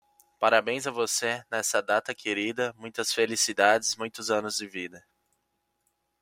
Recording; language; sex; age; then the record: short text; Brazilian Portuguese; male; 20 to 29 years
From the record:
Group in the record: control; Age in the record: 23 years